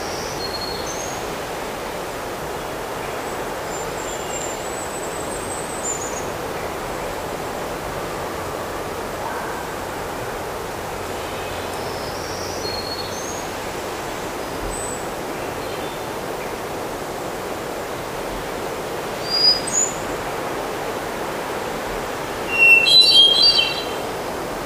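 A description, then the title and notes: A midsummer island forest with a steady, even wash of waves and wind filling the whole clip. Faint, thin birdsong chirps come and go high above it, with a brief call near twenty seconds and a sharper burst of chirping around twenty-three seconds. Midsummer forest on a small island.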